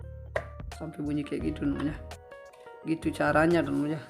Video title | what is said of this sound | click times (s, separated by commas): Review Microphone Rode Dan Joyko - Giga bit akustik | Terus kalau sudah kita dorong sampai bunyi | 0.4 s